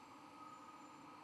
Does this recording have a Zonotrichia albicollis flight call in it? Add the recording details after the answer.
no. No flight call is heard. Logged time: 23:06 on 11 November 2014